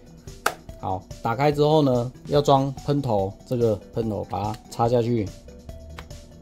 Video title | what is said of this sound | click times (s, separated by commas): [開箱]HOTO小猴無線便攜高壓清洗機，迷你小巧方便不管是帶出門露營還是在家洗冷氣都好用 | 往右转它就卡住了然後之後你就可以直接调整你要的喷洒的角度 | 6.0 s